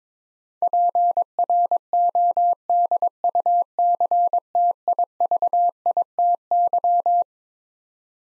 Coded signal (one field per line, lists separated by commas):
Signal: Morse code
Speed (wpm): 22 wpm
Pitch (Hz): 700 Hz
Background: none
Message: PRODUCTIVITY